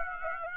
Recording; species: mosquito wingbeat signal from an infrared sensor; Aedes aegypti